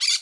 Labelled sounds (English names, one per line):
Brown-throated Parakeet contact call